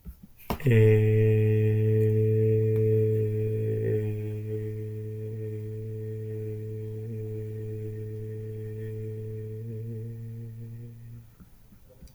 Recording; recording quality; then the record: sustained vowel as in made; excellent, no background noise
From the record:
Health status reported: healthy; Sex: male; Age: 25 years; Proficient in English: yes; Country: United States